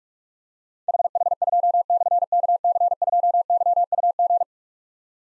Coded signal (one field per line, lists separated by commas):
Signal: Morse code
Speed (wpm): 44 wpm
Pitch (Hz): 700 Hz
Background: none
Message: HH2/KC2YUG